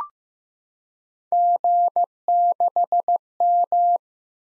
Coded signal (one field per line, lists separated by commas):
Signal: Morse code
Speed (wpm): 15 wpm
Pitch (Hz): 700 Hz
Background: none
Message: G6M